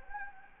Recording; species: mosquito wingbeat signal from an infrared sensor; Anopheles gambiae